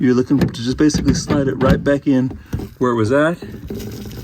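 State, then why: Not seated. Someone talks while the dried-out telematics/SOS control unit of a BMW is slid back into its mounting position in the car. Only speech and faint handling are heard, with a brief tick near the end. Nothing has seated or clicked yet.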